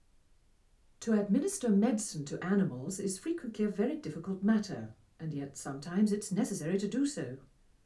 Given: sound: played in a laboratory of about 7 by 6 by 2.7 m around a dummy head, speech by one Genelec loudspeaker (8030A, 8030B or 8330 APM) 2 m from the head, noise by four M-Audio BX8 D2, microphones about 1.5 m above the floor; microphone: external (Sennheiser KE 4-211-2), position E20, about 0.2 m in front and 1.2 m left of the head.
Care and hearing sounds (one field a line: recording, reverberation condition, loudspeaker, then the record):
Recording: female speech in English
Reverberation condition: low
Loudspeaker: behind (180 degrees)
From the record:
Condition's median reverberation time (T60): about 310 ms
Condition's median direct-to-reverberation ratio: about 3.5 dB